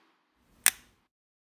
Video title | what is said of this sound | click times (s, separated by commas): Apple iMac Wireless Magic 2 Keyboard Key Installation Guide | center the key cap over the hinge once aligned push down and it should snap into place | 0.7 s